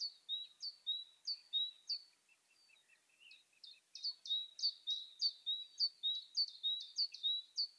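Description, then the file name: Great tit repeating sharp two-note high-low phrases, with a stretch of soft, lower twittering notes in the middle before the phrases return. "Parus major"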